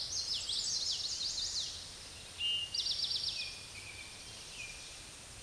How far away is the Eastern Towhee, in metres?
about 25 m